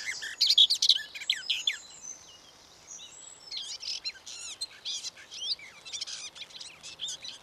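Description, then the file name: Garden warbler song opening with a loud, tumbling warble, followed by quieter scattered chirps and short twittering notes over light background hiss. "Beccafico"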